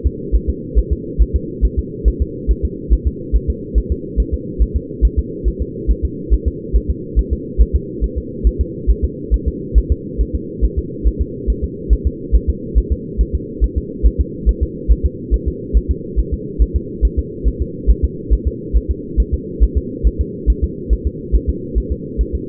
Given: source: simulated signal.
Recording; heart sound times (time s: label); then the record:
fetal heart sounds
0.06 s: S2
0.36 s: S1
0.50 s: S2
0.78 s: S1
0.93 s: S2
1.22 s: S1
1.36 s: S2
1.65 s: S1
1.79 s: S2
2.08 s: S1
2.22 s: S2
2.51 s: S1
2.65 s: S2
2.93 s: S1
3.07 s: S2
3.36 s: S1
3.50 s: S2
3.78 s: S1
3.92 s: S2
4.20 s: S1
4.34 s: S2
4.62 s: S1
4.76 s: S2
5.05 s: S1
5.19 s: S2
5.48 s: S1
5.62 s: S2
5.91 s: S1
6.05 s: S2
6.34 s: S1
6.48 s: S2
6.76 s: S1
6.90 s: S2
7.19 s: S1
7.33 s: S2
7.61 s: S1
7.75 s: S2
8.04 s: S1
8.18 s: S2
8.47 s: S1
8.61 s: S2
8.90 s: S1
9.05 s: S2
9.34 s: S1
9.48 s: S2
9.78 s: S1
9.92 s: S2
10.21 s: S1
10.35 s: S2
10.64 s: S1
10.79 s: S2
11.07 s: S1
11.22 s: S2
11.50 s: S1
11.64 s: S2
11.93 s: S1
12.07 s: S2
12.36 s: S1
12.49 s: S2
12.78 s: S1
12.92 s: S2
13.21 s: S1
13.35 s: S2
13.64 s: S1
13.78 s: S2
14.07 s: S1
14.20 s: S2
14.49 s: S1
14.63 s: S2
14.92 s: S1
15.06 s: S2
15.34 s: S1
15.48 s: S2
15.77 s: S1
15.91 s: S2
16.20 s: S1
16.33 s: S2
16.62 s: S1
16.76 s: S2
17.05 s: S1
17.19 s: S2
17.48 s: S1
17.62 s: S2
17.90 s: S1
18.05 s: S2
18.33 s: S1
18.47 s: S2
18.77 s: S1
18.91 s: S2
19.20 s: S1
19.34 s: S2
19.63 s: S1
19.77 s: S2
20.07 s: S1
20.21 s: S2
20.50 s: S1
20.64 s: S2
20.93 s: S1
21.07 s: S2
21.35 s: S1
21.49 s: S2
21.78 s: S1
21.92 s: S2
22.21 s: S1
22.35 s: S2
From the record:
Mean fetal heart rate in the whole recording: 140 bpm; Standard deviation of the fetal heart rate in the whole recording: 2 bpm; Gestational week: 34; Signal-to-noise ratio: -4.1 dB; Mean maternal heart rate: no maternal heart sound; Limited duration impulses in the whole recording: absent